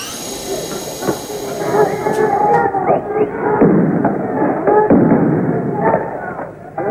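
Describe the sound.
Police fire tear gas canisters at students at 19:50, with a few sharp pops scattered over several seconds, amid a dense, loud clamor of shouting crowd voices and a thin high hiss early on; the students throw bottles and Molotov cocktails.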